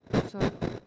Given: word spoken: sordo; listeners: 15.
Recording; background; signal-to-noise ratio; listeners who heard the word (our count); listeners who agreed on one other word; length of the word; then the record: one Spanish word in noise, from a listening test; noise modulated by one talker; -12.3 dB; 1 of 15; 9 of 15; 0.47 s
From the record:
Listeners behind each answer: 9, 1, 1, 1, 1, 1, 1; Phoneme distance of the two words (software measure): 17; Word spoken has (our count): 2 syllables, 5 phonemes, stress on syllable 1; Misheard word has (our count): 2 syllables, 4 phonemes, stress on syllable 1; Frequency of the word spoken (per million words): 7.75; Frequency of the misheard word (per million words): 209.82